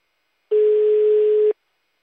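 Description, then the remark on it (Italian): A telephone busy signal from an unanswered call to a personal office line: one steady, low-pitched electronic tone lasting about a second, with a faint hiss over it, then silence. No one speaks. “è inutile che insistiamo sullo studio personale del signor Gaglione. Mi dovete chiamare il cellulare.”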